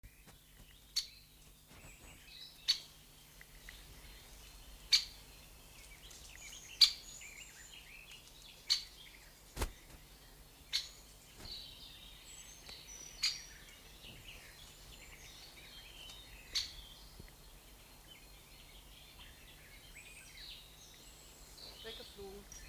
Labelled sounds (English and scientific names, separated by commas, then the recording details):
Great Spotted Woodpecker (Dendrocopos major) call
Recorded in the wild
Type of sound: call
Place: Bogensee, Barnim, Brandenburg, DE
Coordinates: 52.7714, 13.5294
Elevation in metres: 60
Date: 2004-05-30 14:10
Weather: sonnig, 21-24°C
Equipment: Sony WM-D6C, Sennheiser ME 80, Kopie Uher 4000 Report Monitor
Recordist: Tembrock, Günter
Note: "Kix"-Laute. Waldschule Bogensee